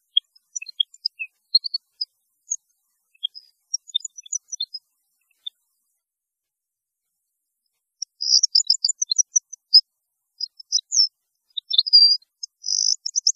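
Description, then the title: European goldfinch song: sparse high chips and twitters at first, building into denser, fast tinkling phrases in the second half. "Chant Chardonneret"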